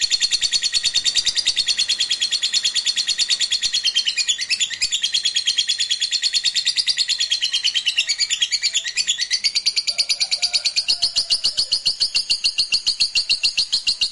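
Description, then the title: Lovebird pours out a sustained, rapid, high chattering song with wavering twitters in the middle, then returns to steady fast notes. Meant to stimulate a lazy, quiet lovebird so that it eagerly and spontaneously starts singing in the sustained 'narik' style. "LOVEBIRD Malas Bunyi JADI GREGET SPONTAN Langsung NARIK"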